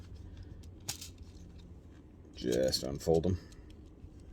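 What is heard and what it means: The folded-up plastic back foot of a Super Minipla GaoKing model-kit robot is handled at its leg joint to be unfolded, with a sharp plastic tick near 0.9 s and a few faint small ticks. Someone talks briefly in the middle. The foot is not locked in place yet, and nothing has seated or clicked.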